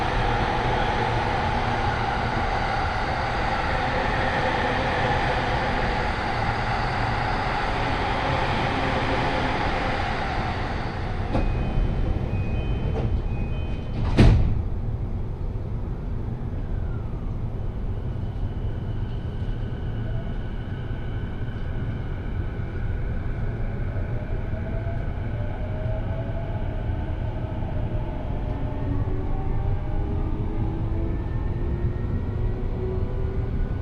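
A Jōban Line local train runs from Kita-Senju toward Abiko, with a thick, steady rumble and hiss for the first ten seconds. A sharp clack cuts in around fourteen seconds, then the noise settles lower as motor tones slowly rise and fall.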